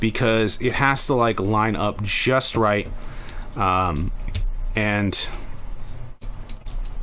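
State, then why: Seated. Someone talks while lining up the plastic arm of a Kingdom Rodimus Prime transforming robot toy figure so its notches go over the pegs on the torso. A short series of small plastic clicks follows near the end as the arm is pushed in, and it pops into place at about 6.7 s.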